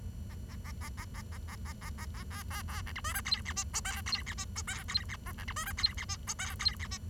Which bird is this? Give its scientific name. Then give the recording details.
Lonchura striata domestica. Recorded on 23 June 2012 at 11:15. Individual gr41rd51